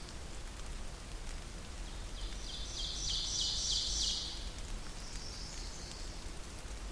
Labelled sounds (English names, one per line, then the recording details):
Ovenbird song
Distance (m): 45 m
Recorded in boreal forest in Alberta, Canada, on 8 June 2016 at 08:52
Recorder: SongMeter 3, array SBT-3-9
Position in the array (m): 165 m, 150 m
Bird 35